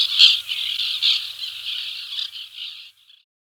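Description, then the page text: White-winged black tern giving harsh, rasping grating calls run together for about three seconds, with a louder burst at the start, then a short faint call at the end. "Whitewinged Black Tern Calls. Quick Sounds"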